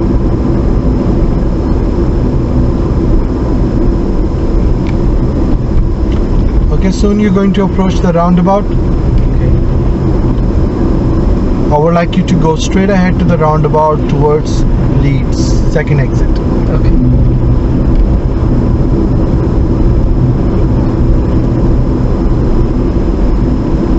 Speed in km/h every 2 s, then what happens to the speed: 39, 37, 37, 35, 37, 39, 39, 40, 40, 40, 40, 34.
0-20 steady at about 39. 20-24 slows to 34.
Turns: none.